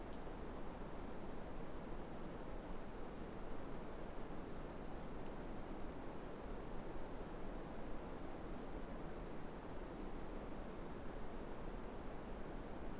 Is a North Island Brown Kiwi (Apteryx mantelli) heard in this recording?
no